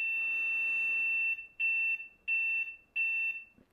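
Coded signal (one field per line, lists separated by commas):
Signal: beep code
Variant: Award BIOS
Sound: one long high-pitched beep followed by three shorter beeps of the same pitch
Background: faint fan noise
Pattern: 1 long, 3 short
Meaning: One long and three short beeps on Award BIOS indicate a video card problem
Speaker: that doesn't sound good so one long beep followed by three short beeps on an award bios typically means an issue with the video card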